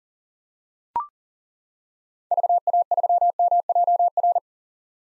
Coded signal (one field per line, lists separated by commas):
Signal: Morse code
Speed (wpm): 39 wpm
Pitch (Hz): 700 Hz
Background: none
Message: VA3MJR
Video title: 2023 POTA Hunter Call Signs - 40wpm